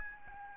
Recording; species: mosquito wingbeat signal from an infrared sensor; Aedes albopictus